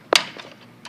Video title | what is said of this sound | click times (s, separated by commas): MCP , PLC CONTROLLER REPLACEMENT | then the two clicks are the two tabs | 0.2 s